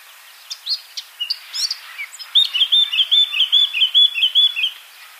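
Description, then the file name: Eurasian blackcap song: scratchy high notes at first, then a fast, even series of clear whistled notes. "Sylvia atricapilla"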